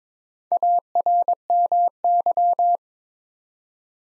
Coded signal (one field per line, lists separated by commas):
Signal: Morse code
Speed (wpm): 22 wpm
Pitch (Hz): 700 Hz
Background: none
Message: ARMY